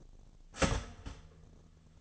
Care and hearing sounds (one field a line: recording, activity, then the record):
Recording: daily activity, microphone in the room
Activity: start toaster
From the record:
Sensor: 4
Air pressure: 1010.0 hPa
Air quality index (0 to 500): 182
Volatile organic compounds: 6 ppm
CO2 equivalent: 1844 ppm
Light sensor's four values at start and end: 22/67/26/26 and 22/67/26/26